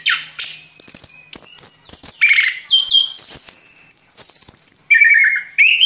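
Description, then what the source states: Orange-headed thrush song of long, clear high whistles interspersed with buzzy chirps and lower warbled notes, flowing in varied phrases. Singing vigorously and continuously (gacor), local name anis kembang.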